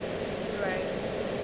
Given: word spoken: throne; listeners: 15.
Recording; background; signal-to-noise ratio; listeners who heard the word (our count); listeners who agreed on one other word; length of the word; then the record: one English word in noise, from a listening test; speech-shaped noise; -5.9 dB; 0 of 15; 6 of 15; 1.04 s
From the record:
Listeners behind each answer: 6, 3, 1, 1, 1, 1, 1, 1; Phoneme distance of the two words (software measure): 10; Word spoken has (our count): 1 syllable, 4 phonemes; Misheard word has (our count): 1 syllable, 4 phonemes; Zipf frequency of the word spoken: 4.00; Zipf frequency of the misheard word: 4.73